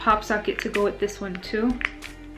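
A white and gold marbled hard Felony Case phone case is handled before being pressed onto an iPhone 11 Pro Max smartphone while someone talks over background music. Nothing has seated or clicked into place yet.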